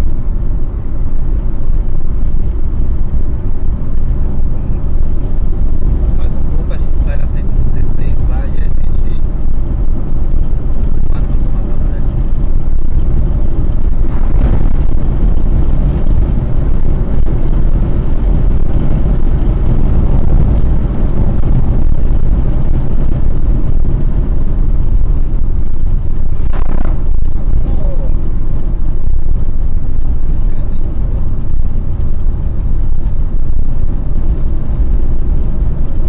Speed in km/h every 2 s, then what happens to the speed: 97, 100, 103, 104, 107, 111, 117, 124, 130, 135, 134, 118, 94, 91, 94, 93, 94, 99.
0-18 speeds up to 135. 18-25 brakes to 91.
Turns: none.